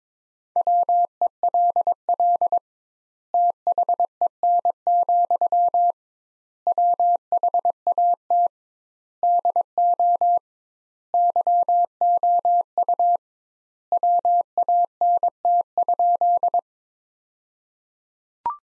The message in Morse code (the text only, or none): WELL THEN, WHAT DO YOU WANT?